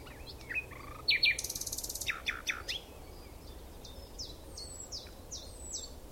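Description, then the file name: Common nightingale song: short whistled notes, then a loud burst of rapidly repeated clicking notes, followed by a series of quick high descending chirps over steady background hiss. "Luscinia megarhynchos"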